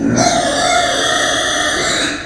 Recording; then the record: squeal of a Yucatan mini pig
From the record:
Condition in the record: before surgery on the right vocal fold (resection and tissue-engineered implant); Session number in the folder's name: 3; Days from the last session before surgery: 0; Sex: female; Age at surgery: 19 weeks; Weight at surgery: 25 kg